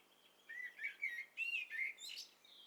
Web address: Hi Fi STEREO BIRD COCKTAIL PARTY Challenge SBCP TESTSET HDBird Cocktail Party-088